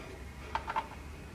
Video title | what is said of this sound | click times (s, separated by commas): Accelerated Cellular Extender 6200-FX Install | and just a little click just a little twist | 0.5 s